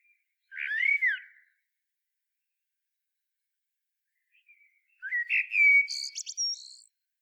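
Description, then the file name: Eurasian blackbird song: a brief, slurred fluty note, a pause of several seconds, then a warbled phrase ending in high, thin squeaks. "Turdus merula"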